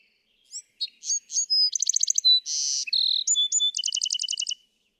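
Bewick's wren singing a complex phrase: quick introductory notes, a rapid stutter, a rasping buzz and a steady tone, ending in a rapid two-pitched trill.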